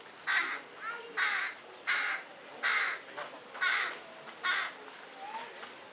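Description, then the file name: Carrion crow calling with repeated hoarse caws in quick succession, about six in six seconds, some slightly longer and drawn out. "Corvus corone"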